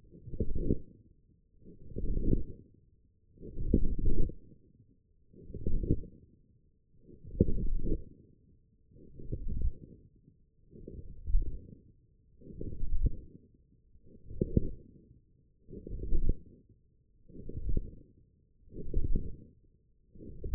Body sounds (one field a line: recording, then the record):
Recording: forearm muscle sounds (acoustic myography)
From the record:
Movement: forearm pronation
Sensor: system 1, eight BSWA MPA416 microphones around the upper forearm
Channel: 5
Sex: male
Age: 21 years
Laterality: right